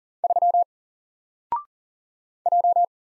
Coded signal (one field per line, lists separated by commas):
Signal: Morse code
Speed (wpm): 40 wpm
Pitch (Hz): 700 Hz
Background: none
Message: 3 J